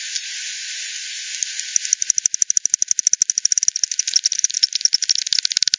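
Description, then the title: Bats calling, beginning as a soft hiss that gives way after about two seconds to sharp clicks repeating quickly and evenly. Multiple bats at Hogsmill River, Hogsmill Lane, 7 October 2020 at 18:10; frequency-divided by ten, bandpass-filtered and resampled. "WW bat 20201007 T 18 : 10 Z-Hogsmill-Lane-Hogsmill-River-multiple-bats"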